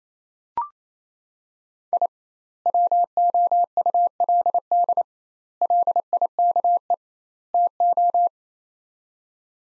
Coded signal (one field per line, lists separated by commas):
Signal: Morse code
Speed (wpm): 28 wpm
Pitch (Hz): 700 Hz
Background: none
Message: I WOULD LIKE TO